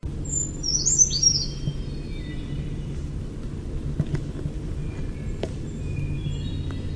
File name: BRCR song